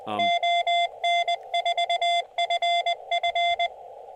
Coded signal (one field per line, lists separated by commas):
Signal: Morse code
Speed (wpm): 20 wpm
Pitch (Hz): 690 Hz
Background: speech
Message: ON4FF